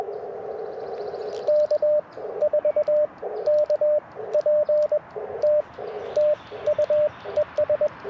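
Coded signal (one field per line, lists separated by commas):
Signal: Morse code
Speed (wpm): 21 wpm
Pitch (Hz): 600 Hz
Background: radio noise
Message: K4KPT TU ES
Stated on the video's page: QRP CW Parks on the Air activation on 40m and 20m, using an Icom IC-705, Alex Loop antenna and Modern Morse Nameless key.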